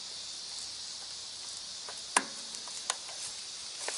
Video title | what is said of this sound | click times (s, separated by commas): Changing control harness on Bobcat SG 60 Stump Grinder | Snapped in place, good. | 2.2 s